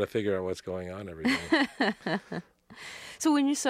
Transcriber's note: soundbite of laughter